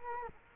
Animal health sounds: mosquito wingbeat signal from an infrared sensor; Culex quinquefasciatus

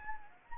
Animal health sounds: mosquito wingbeat signal from an infrared sensor; Anopheles gambiae

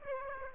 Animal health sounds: mosquito wingbeat signal from an infrared sensor; Aedes aegypti

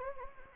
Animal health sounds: mosquito wingbeat signal from an infrared sensor; Anopheles gambiae

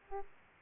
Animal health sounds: mosquito wingbeat signal from an infrared sensor; Aedes aegypti

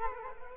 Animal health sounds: mosquito wingbeat signal from an infrared sensor; Culex quinquefasciatus

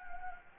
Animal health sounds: mosquito wingbeat signal from an infrared sensor; Anopheles gambiae

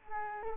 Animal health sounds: mosquito wingbeat signal from an infrared sensor; Culex quinquefasciatus

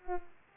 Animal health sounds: mosquito wingbeat signal from an infrared sensor; Culex pipiens

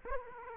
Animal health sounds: mosquito wingbeat signal from an infrared sensor; Aedes aegypti

